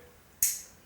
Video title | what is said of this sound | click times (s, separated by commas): CAT5 / CAT6 Outdoor RJ45 Coupler | and hear that click and now i just push it forward and i screw it in and it locks in | 0.4 s